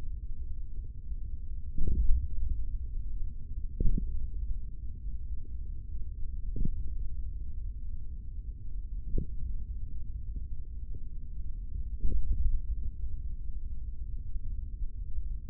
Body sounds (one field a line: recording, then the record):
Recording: forearm muscle sounds (acoustic myography)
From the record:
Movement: hand closing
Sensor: system 3, bracelet of six PUI Audio POM-2738L microphones around the upper forearm, with dedicated amplification and filtering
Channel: 2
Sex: male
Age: 25 years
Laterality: right